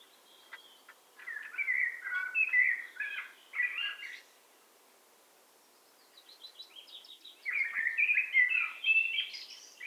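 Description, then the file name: Eurasian blackbird singing two bursts of mellow warbled phrases mixed with high squeaky notes, with a quiet pause between them. "Turdus merula"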